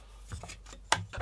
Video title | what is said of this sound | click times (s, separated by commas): BSA R10th Quality and Accurate | locked into place with the retaining slide at the front it | 0.9 s